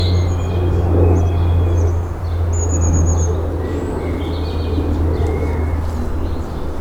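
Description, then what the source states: Birds singing: several thin whistled and trilled phrases at varied pitches, scattered through a steady low rumble. City garden.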